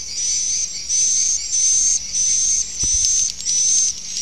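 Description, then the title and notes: Swiftlets twittering in regular buzzy bursts about half a second long with short pauses, a thin whistle running through them and one sharp click midway. Used in swiftlet farming in Asia. "Swiflet Bird Sound. Farming Swiflet Bird asia sound"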